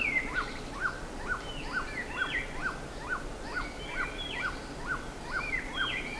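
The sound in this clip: Bird calls: short notes at a regular pace, with higher rising and falling whistles from other birds.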